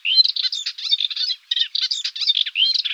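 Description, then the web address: Melodious warbler song: a fast, chattering stream of varied twittering and scratchy notes, nearly continuous with brief pauses, high-pitched throughout. "Hippolais polyglotta"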